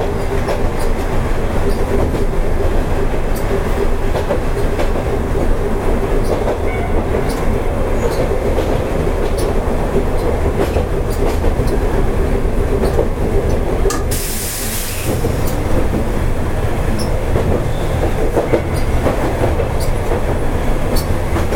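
A Hankai Tramway 701 series tram runs with a steady low rumble and scattered clicks, plus a brief bright hiss near fifteen seconds.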